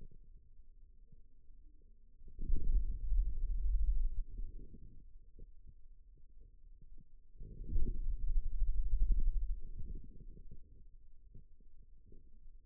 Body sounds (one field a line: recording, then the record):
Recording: forearm muscle sounds (acoustic myography)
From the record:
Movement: hand closing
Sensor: system 2, bracelet of six BSWA MPA416 microphones around the upper forearm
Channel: 1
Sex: male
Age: 22 years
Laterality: right